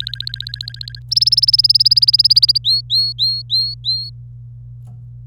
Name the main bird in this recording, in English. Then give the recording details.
Domestic Canary. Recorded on 25 April 2018 at 18:18. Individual llb3